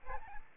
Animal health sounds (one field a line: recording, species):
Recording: mosquito wingbeat signal from an infrared sensor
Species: Aedes albopictus